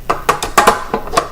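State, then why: Not seated. A mixing bowl is handled onto a stand mixer base, giving a series of sharp metal-on-metal knocks at about 0.1, 0.3, 0.6, 0.7 and 1.2 seconds. The bowl has not seated or snapped into place yet.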